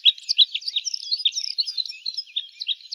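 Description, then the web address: Red crossbill: many short, sharp chirping notes in quick, overlapping succession throughout. Recorded in Slovenia. "Loxia curvirostra"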